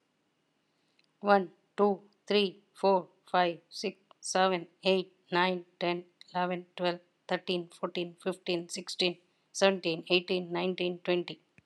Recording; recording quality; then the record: counting at a normal pace; excellent, no background noise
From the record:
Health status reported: healthy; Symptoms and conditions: none ticked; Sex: female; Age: 52 years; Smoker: not ticked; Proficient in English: yes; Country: India